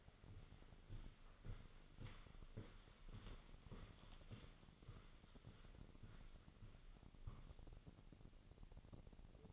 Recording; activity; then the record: daily activity, microphone in the room; walk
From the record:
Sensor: 4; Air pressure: 1010.1 hPa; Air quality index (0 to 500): 175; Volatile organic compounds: 2 ppm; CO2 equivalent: 1273 ppm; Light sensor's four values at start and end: 61/151/64/70 and 61/152/64/70